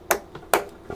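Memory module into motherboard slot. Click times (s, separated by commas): 0.1 s, 0.5 s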